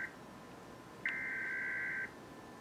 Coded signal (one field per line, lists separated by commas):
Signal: Emergency Alert System (SAME) tones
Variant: header bursts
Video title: Emergency Alert System | National Periodic Test on TV (WTVD & Spectrum) | 8/11/2021